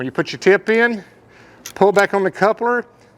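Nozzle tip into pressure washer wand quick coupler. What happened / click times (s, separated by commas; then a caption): Handled, not yet home: no seating click, only speech / none. A man talks while a pressure washer nozzle tip is being fitted into the wand's quick-connect coupler, with the coupler sleeve pulled back; it must lock so the tip doesn't shoot out when the trigger is squeezed. Only speech is heard, and the tip has not clicked or seated yet.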